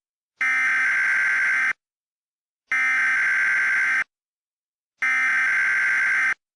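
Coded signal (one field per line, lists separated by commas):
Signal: Emergency Alert System (SAME) tones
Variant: header bursts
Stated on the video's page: Fictional mock EAS alert with voice and sound effects; simulated, not a real broadcast.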